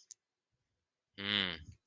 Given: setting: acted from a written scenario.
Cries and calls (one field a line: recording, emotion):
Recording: vocal sound without words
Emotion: awe